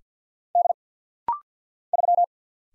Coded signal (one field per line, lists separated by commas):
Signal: Morse code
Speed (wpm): 49 wpm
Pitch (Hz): 700 Hz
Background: none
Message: D 3